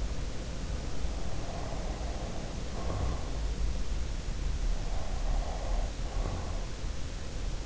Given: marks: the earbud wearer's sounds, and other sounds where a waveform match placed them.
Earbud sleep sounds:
sounds in sleep by an in-ear microphone; breath
1.39-3.32 s: breath
4.76-6.66 s: breath

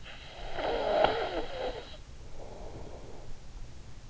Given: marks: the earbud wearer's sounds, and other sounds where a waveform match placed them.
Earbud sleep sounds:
sounds in sleep by an in-ear microphone; snoring breath
0.04-3.62 s: snoring breath

